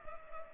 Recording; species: mosquito wingbeat signal from an infrared sensor; Culex pipiens